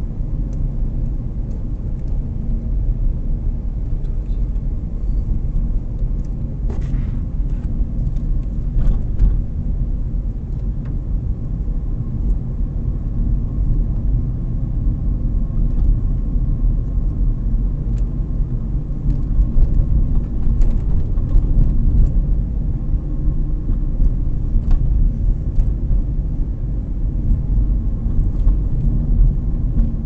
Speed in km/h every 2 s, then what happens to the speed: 26, 25, 25, 25, 22, 20, 17, 21, 26, 34, 32, 31, 29, 28, 29.
0-7 steady at about 25. 7-13 slows to 17. 13-17 speeds up to 34.